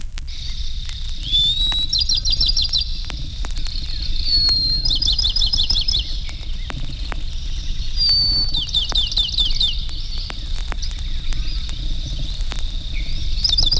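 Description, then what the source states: Pinewood Sparrow song: a long clear whistled note followed by a rapid trill of high notes, repeated several times, with clicks and a low rumble beneath. Song begins with one long note followed by rapid notes, which may be higher or lower in pitch.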